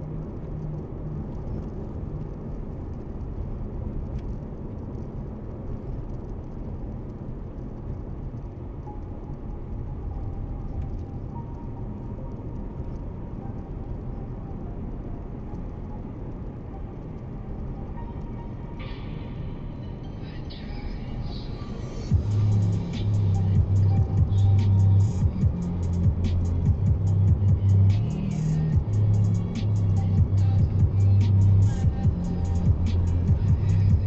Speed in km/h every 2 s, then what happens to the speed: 67, 67, 67, 67, 67, 68, 68, 68, 68, 68, 68, 68, 66, 66, 65, 65, 64.
0-34 steady at about 67.